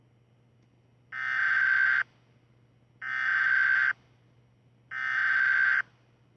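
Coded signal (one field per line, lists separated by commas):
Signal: Emergency Alert System (SAME) tones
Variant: header bursts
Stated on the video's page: Fictional EAS scenario.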